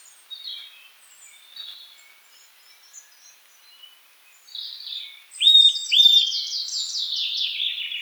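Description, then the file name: Eurasian nuthatch calls: two loud, clear whistled notes that rise sharply then hold level, about half a second apart, over a busy chorus of other twittering and trilling birds. "Sitta europaea"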